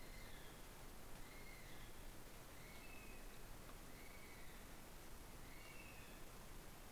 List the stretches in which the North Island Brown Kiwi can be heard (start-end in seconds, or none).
0.00-6.92